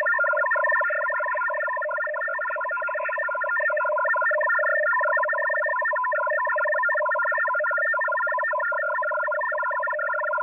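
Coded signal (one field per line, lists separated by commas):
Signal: HF data modem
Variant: F03j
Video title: F03j Data Mode 01/01/2024 1015 UTC 12089kHz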